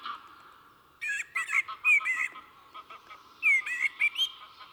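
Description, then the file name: Common blackbird whistled phrases with squeaky high ends, two bursts, over a steady background tone and faint chirps. "Turdus merula"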